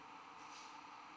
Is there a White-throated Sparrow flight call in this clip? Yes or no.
no